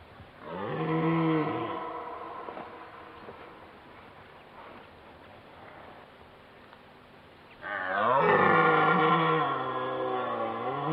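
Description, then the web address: Red deer roaring: a deep, harsh, drawn-out roar rich in harmonics, a quiet gap of about six seconds, then a second longer bellowing roar that runs to the end. Roar of a red deer in a wild forest. "ryk jelenia w dzikim lesie"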